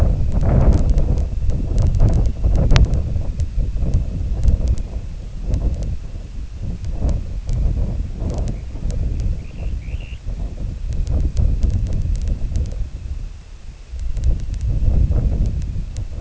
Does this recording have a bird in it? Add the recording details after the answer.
yes. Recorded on Arctic tundra, site IGLO-D, on 19 June 2018. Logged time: 22:00